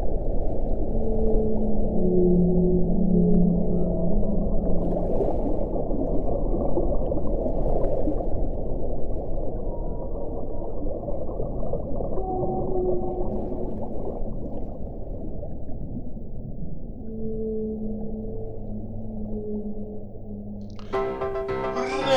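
Whale song: long, low moaning calls and drawn-out tonal wails rise and fall over a steady, deep underwater rumble, ending with a brief crackling burst. No one speaks.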